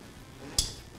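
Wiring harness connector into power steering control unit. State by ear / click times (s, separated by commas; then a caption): seated / 0.6 s. A wiring harness connector from a Tusk UTV power steering kit is pushed into the electronic power steering control unit. A single sharp click at 0.6 s shows the connector snapping into place and seating.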